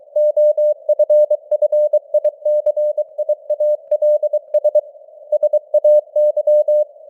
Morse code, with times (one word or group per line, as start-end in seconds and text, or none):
0.2-4.8 OFFICIALS
5.3-6.8 SAY